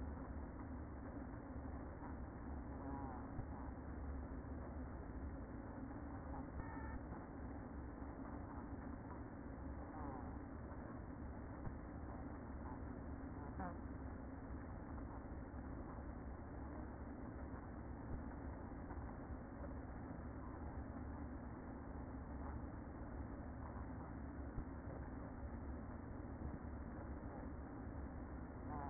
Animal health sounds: honeybee colony, microphone inside the hive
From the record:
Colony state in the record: queen present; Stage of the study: after two queens were removed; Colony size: about 60,000 bees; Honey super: yes

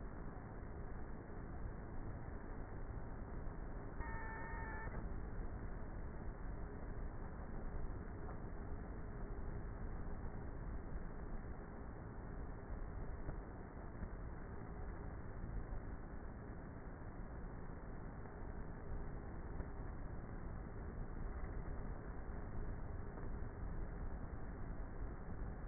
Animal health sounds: honeybee colony, microphone inside the hive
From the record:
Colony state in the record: queenless with a low population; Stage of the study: before two queens were removed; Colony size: about 30,000 bees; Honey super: no

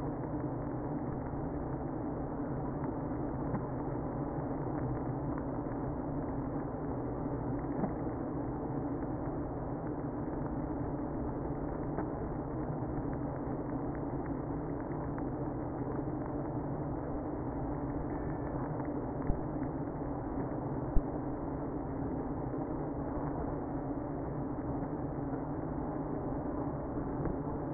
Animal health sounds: honeybee colony, microphone inside the hive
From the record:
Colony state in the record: queenless (queen removed); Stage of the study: after two queens were removed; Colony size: about 60,000 bees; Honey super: yes

